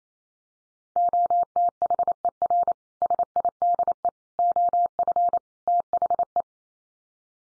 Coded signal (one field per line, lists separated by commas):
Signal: Morse code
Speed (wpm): 28 wpm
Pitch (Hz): 700 Hz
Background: none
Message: OTHER SIDE OF THE